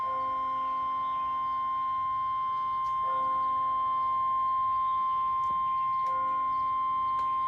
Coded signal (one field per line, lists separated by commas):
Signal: Emergency Alert System (SAME) tones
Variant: 1050 Hz attention tone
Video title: (EAS #130) KMKX Required Weekly Test